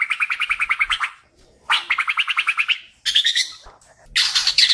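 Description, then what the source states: Bird song of rapid, buzzy repeated trills in four bursts, the later ones higher and harsher. Described as a champion (jawara) songbird singing.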